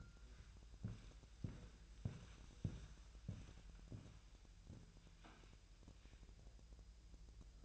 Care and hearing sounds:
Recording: daily activity, microphone in the room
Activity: walk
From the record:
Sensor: 2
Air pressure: 1001.9 hPa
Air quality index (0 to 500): 231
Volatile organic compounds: 60 ppm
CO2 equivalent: 3419 ppm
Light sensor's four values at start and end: 7/16/6/7 and 7/16/7/7

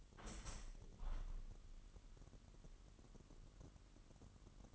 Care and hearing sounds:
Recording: daily activity, microphone in the room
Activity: open window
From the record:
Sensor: 4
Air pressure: 998.8 hPa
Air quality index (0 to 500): 122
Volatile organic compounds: 2 ppm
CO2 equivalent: 1202 ppm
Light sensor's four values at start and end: 9/22/8/9 and 9/22/8/9

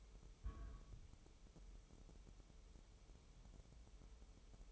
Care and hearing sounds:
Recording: daily activity, microphone in the room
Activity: place on stove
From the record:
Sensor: 1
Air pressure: 988.3 hPa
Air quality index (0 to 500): 201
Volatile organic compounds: 1000 ppm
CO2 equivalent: 5390 ppm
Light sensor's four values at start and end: 27/98/37/39 and 27/98/37/39

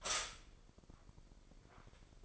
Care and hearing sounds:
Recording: daily activity, microphone in the room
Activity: stop toaster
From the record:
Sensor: 5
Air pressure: 995.4 hPa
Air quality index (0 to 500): 107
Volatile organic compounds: 8 ppm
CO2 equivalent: 2072 ppm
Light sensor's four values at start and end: 29/69/27/26 and 30/74/29/29

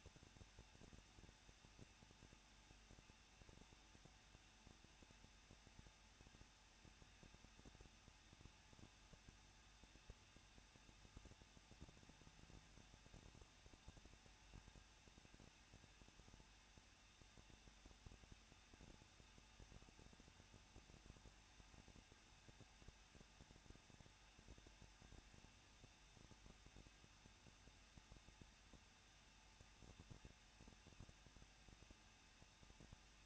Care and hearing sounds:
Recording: daily activity, microphone in the room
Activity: no activity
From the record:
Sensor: 2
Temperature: 21.0 degrees Celsius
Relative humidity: 37.5%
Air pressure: 1006.3 hPa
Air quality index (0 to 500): 223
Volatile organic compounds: 25 ppm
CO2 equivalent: 2830 ppm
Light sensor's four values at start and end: 2/3/2/2 and 2/3/2/2

